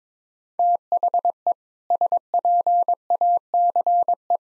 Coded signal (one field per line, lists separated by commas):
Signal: Morse code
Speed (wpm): 22 wpm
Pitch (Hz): 700 Hz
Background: none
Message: THE SPACE